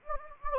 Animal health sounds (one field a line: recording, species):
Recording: mosquito wingbeat signal from an infrared sensor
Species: Anopheles gambiae